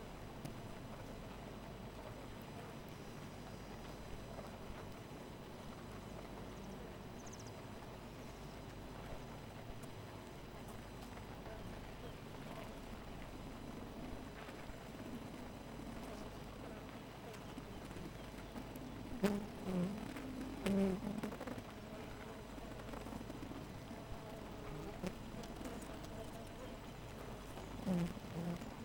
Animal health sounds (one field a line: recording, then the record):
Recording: honeybee colony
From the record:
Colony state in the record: missing queen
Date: 14 July 2017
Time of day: 4:05